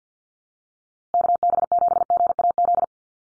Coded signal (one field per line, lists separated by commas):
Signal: Morse code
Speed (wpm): 50 wpm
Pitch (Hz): 700 Hz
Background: none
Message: KB7GAZ